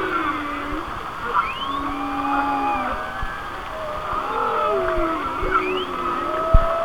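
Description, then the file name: Whale sounds: long level moans and gliding tones, punctuated by quick upward-sweeping squeals, over a constant watery hiss. "Whale Songs"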